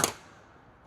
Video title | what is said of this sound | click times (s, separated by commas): FIXED CAMRY BUMPER SAG FOR $13 - TOYOTA CAMRY 2018 - 2026 - | that's the sound you wanna hear, you know? You wanna hear it like click inside there. | 0.0 s